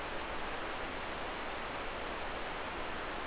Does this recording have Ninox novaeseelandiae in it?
no